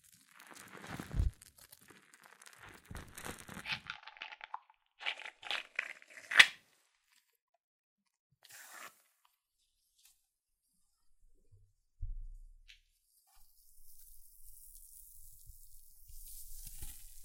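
Hair mousse crackles and fizzes in bursts over the first six seconds with a sharp snap near six, then quiet gaps and soft hissing later.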